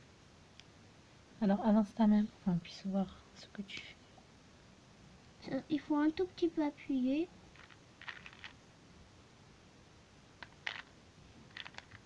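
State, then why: Seated. A plastic clip-together bead is pressed a little into the neighbouring bead to build a necklace or bracelet, while someone talks. After the talking stops, a few faint ticks sound, then a sharp click at 10.7 s as the bead seats onto the other.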